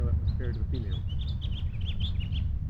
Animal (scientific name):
Haemorhous mexicanus